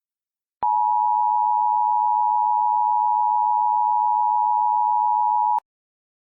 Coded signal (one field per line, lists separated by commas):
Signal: Emergency Alert System (SAME) tones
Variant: 853 and 960 Hz attention tone